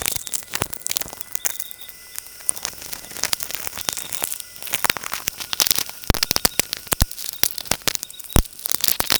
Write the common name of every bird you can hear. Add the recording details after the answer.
none. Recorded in forest near Pivijay, Magdalena, Colombia, on 13 April 2023 at 18:00. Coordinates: 10.467, -74.380. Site Z5-G034